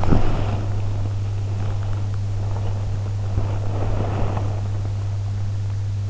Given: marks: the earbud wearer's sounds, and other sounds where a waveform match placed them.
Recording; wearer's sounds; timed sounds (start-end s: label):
sounds in sleep by an in-ear microphone; body movement
0.00-4.51 s: body movement